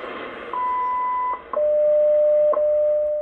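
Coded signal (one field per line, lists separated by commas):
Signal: radio time signal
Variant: WWV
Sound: long high beep, short ticks each second, then a steady lower tone with ticks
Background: radio static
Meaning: The long 1000 Hz tone marks the start of a new minute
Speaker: so this is interesting because it's um 0 hours 5 minutes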